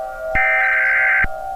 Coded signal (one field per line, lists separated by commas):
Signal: Emergency Alert System (SAME) tones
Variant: header bursts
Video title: "9/11" - A Historical EAS Scenario (#11)